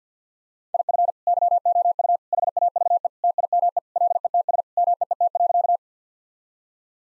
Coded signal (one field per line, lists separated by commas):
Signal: Morse code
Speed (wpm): 50 wpm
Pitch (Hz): 700 Hz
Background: none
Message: IF YOU HAVE TIME LETS MEET.